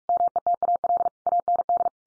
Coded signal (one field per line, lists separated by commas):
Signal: Morse code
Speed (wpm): 44 wpm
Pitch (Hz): 700 Hz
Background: none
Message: METAL AND